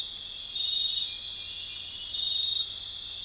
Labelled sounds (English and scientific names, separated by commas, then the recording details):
none
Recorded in dense forest near Puerto Asís, Putumayo, Colombia, on 21 March 2025 at 00:30
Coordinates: 0.484, -76.317
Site G064